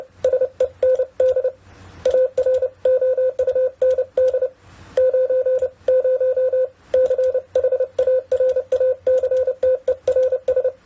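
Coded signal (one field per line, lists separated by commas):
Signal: Morse code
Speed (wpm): 29 wpm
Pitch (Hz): 510 Hz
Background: none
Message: SEND AROUND 90 CHARACTERS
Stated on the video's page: Morse sending test at 30 to 55 wpm keyed through a Winkeyer, checking error rate against speed; errors increase at higher speeds.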